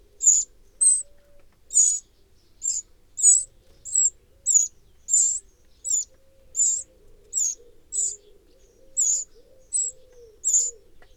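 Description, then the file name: Eurasian wren giving a series of hard, high ticks, with a faint low droning hum underneath. "Troglodytes troglodytes"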